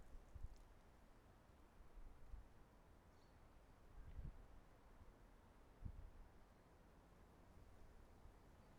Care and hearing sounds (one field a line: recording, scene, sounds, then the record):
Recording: everyday scene through a hearing-aid microphone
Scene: wind on the microphone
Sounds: wind, traffic, birds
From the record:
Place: suburban garden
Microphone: behind the ear, right, front